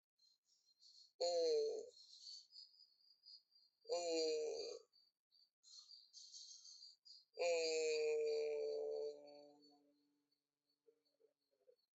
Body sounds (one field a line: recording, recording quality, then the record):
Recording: sustained vowel as in made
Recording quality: excellent, no background noise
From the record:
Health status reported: healthy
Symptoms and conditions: none ticked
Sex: female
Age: 42 years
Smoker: not ticked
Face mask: not worn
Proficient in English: yes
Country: India